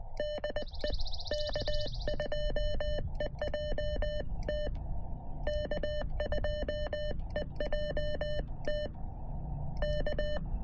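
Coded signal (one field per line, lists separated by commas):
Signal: Morse code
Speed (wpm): 20 wpm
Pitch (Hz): 600 Hz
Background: music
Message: DE K2EJT K2EJT K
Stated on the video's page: Morse heard during a combined park and summit activation on foot; very weak signals masked by noise from nearby brush-clearing machinery.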